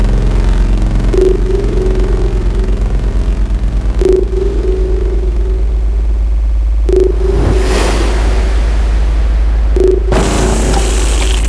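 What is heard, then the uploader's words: A dark, layered drone with a constant low rumble underneath and a wavering mid tone that swells in again and again. Sharp bursts cut in at roughly three-second intervals, around 1, 4, 7 and 10 seconds, with the later ones brighter and hissier, like noisy transitions. Multi-layered atmospheres and ambiences, evolving and intimidating drones, acid synth textures, experimental sound effects, transitions, massive impacts.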